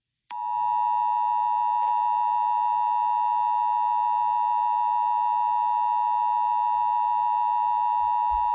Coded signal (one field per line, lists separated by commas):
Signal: Emergency Alert System (SAME) tones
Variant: 853 and 960 Hz attention tone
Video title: EAS SCENARIO 18: Elephant E.X.E